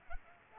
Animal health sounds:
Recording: mosquito wingbeat signal from an infrared sensor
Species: Culex pipiens

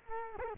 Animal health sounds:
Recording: mosquito wingbeat signal from an infrared sensor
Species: Culex quinquefasciatus

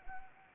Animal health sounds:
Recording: mosquito wingbeat signal from an infrared sensor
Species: Anopheles arabiensis

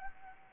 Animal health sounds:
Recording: mosquito wingbeat signal from an infrared sensor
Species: Anopheles gambiae

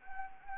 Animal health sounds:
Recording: mosquito wingbeat signal from an infrared sensor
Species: Anopheles arabiensis

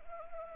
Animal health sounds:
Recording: mosquito wingbeat signal from an infrared sensor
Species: Anopheles arabiensis

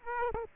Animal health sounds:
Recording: mosquito wingbeat signal from an infrared sensor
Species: Aedes aegypti

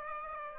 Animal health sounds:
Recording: mosquito wingbeat signal from an infrared sensor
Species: Aedes aegypti

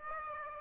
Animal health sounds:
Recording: mosquito wingbeat signal from an infrared sensor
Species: Aedes aegypti

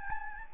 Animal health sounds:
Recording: mosquito wingbeat signal from an infrared sensor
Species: Anopheles gambiae

